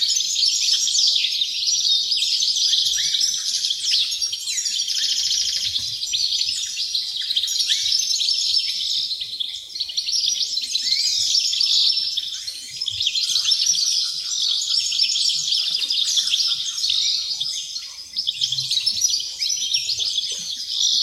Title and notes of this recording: Dover Wrens. The sounds of dozens of wrens in the backyard of a home in Dover, southern Tasmania.